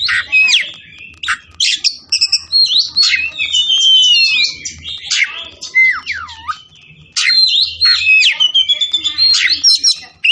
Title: Kacer Langsung Tarung Konslet KACER NGOTOT FULL TEMBAKAN